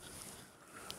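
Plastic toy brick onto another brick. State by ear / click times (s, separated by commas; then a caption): seated / 0.9 s. A plastic Lego brick is pressed onto another brick while a car model is being built, over a steady low background hiss. A short, sharp snap at 0.9 s marks the brick seating, with the snap showing that the build is progressing.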